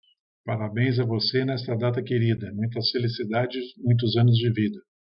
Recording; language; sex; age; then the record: short text; Brazilian Portuguese; male; 60 to 69 years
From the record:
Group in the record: control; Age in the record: 63 years